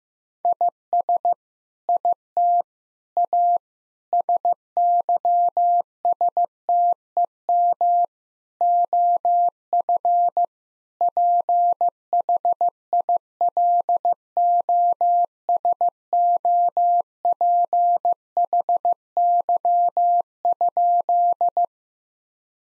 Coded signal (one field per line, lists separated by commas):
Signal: Morse code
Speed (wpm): 15 wpm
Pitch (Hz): 700 Hz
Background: none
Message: IS IT A SYSTEM OF PHILOSOPHY?